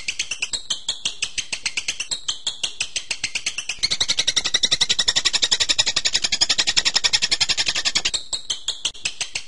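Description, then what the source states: Bird song: quick repeated twittering notes that swell into a louder, denser trill in the middle before easing back to choppy phrases. Masteran birdsong recording used for training birds.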